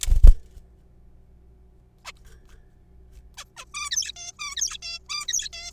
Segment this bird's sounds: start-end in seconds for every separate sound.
2.05-2.12, 3.38-3.44, 3.57-3.64, 3.74-3.90, 3.91-4.12, 4.16-4.32, 4.39-4.55, 4.56-4.78, 4.82-4.99, 5.09-5.26, 5.28-5.49, 5.53-5.71